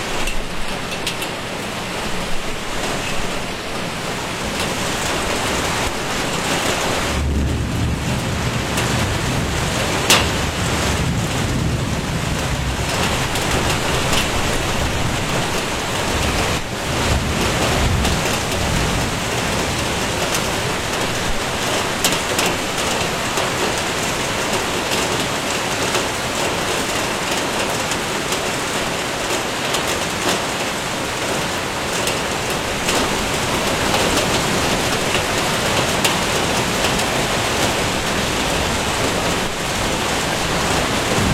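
Rain falls steadily throughout, a dense, even hiss that holds at a constant level for the whole stretch. Fine pattering detail runs through it, with a brief low rumble swelling around seven to nine seconds and again near sixteen seconds.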